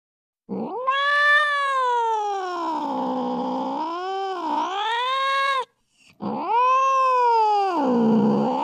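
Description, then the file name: Cat meowing: a long, drawn-out wailing meow lasting about five seconds that dips and rises in pitch, then a short pause and a second rising-falling meow. Cat meowing to scare mice. "tieng meo keu lam chuot so"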